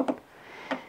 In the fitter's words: your binky in snap it and you've